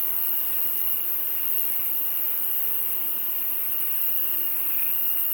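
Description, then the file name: Cricket chorus, an even high-pitched trill sustained without pause. In the Camargue. "Crickets And Frogs In Camargue"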